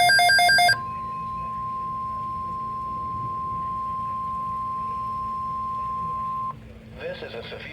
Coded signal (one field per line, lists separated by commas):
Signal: Emergency Alert System (SAME) tones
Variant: 1050 Hz attention tone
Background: speech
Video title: Severe Thunderstorm Warning and Severe Thunderstorm Watch EAS Alerts on NWR